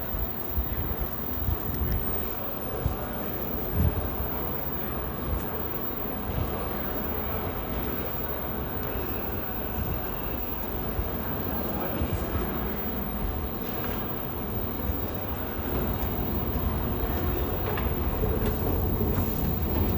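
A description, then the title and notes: A steady low rumble of New York public transit fills the scene, with a train's drone, faint murmuring voices, and occasional clanks throughout. NYC public transportation mishmash.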